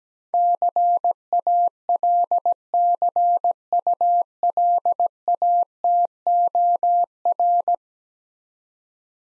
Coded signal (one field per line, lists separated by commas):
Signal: Morse code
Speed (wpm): 17 wpm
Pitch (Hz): 700 Hz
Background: none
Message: CALCULATOR